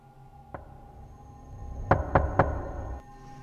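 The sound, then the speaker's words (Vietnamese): A woman knocks on a house door: one soft rap, a short pause, then three quick, sharp knocks in an even rhythm over a low, steady background hum. “Cô ta lại nín thở, tiếp tục gõ cửa.”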